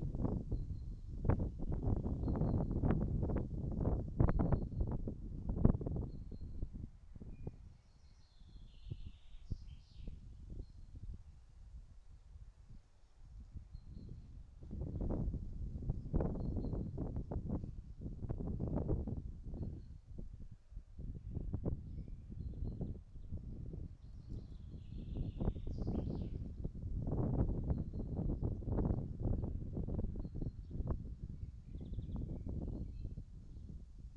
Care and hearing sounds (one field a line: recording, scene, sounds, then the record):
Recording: everyday scene through a hearing-aid microphone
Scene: wind on the microphone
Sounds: wind, birds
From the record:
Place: in front of a rural house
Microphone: in the ear canal, right